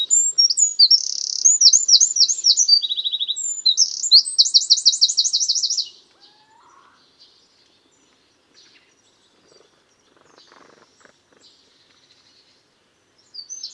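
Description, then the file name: Eurasian Wren singing a loud, high-pitched rush of chattering notes and fast rattling trills lasting about six seconds, followed by near silence with faint sounds. "Troglodytes troglodytes"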